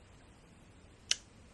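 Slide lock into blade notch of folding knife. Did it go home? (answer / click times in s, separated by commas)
yes / 1.1 s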